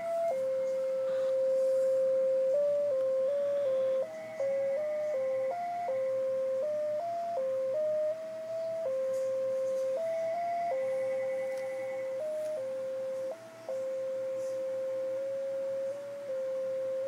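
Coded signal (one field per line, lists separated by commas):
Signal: JT65, JT9 or WSPR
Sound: one steady tone hopping between pitches every fraction of a second, like a slow melody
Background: small room echo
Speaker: okay he got my 73 there so we're going to send a 73 get ready with the mic here we go and we're keyed up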